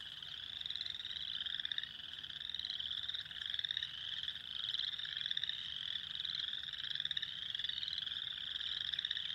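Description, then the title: Spring peepers in full chorus, shrill upward-sliding peeps from many frogs overlapping continuously, with faint low rumble underneath. Recorded on 6 April 2021. "2021-04-06-Spring-Peepers"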